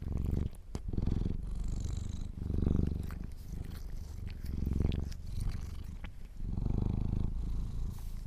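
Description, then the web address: Domestic cat purring, a low rumbling drone swelling and fading in waves, with a few faint clicks and rustles. Kittens purring. "sleepandrelaxasmr - The Purring Kittens"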